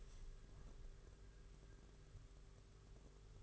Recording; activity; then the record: daily activity, microphone in the room; open window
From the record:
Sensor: 4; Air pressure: 991.2 hPa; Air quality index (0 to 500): 153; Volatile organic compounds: 102 ppm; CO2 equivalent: 3765 ppm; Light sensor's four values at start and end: 6/14/5/6 and 6/14/5/6